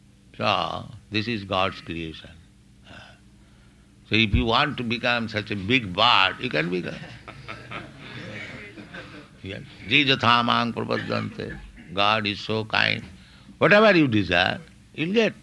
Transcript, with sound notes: So this is God's creation. So if you want to become such a big bird, you can become. [laughter] Yes. Ye yathā māṁ prapadyante. God is so kind. Whatever you desire, you will get.